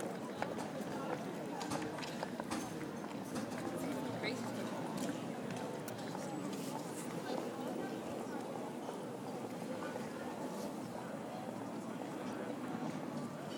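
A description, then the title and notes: Tourists crowd an old-town street, their many overlapping voices forming a dense, steady murmur. Footsteps and small clicks scatter through it, with occasional sharper knocks and brief brighter sounds. The level stays even for the whole stretch without pause. The sound of Stockholm tourists at Gamla Stan by David Noël.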